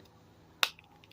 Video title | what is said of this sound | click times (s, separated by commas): TEKKEN'S KING! GAME DIMENSIONS KEEP THIS LINE ALIVE! | You heard that click? So, it clicks in | 0.6 s